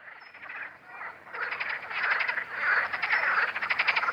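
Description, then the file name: Green frog calling: quieter croaks at first, then a loud burst of rapid, pulsed rattling croaks that builds and keeps going to the end. "Grenouille verte"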